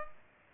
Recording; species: mosquito wingbeat signal from an infrared sensor; Culex pipiens